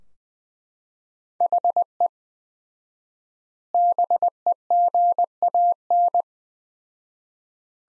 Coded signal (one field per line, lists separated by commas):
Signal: Morse code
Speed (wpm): 20 wpm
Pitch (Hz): 700 Hz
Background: none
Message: HE BEGAN